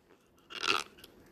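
One short, gritty crunch of an adult woman's teeth scraping together, under half a second long: tooth grinding (bruxism).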